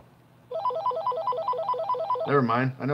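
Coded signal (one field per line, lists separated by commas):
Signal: none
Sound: phone ringing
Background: speech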